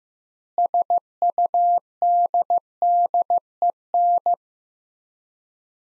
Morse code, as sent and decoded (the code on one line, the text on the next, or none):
... ..- -.. -.. . -.
SUDDEN